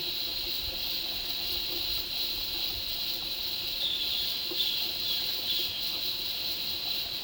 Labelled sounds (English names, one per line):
none